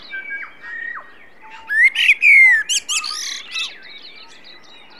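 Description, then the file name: Common blackbird song: a phrase of fluted warbling that breaks into high, squeaky twittering notes. "Turdus merula"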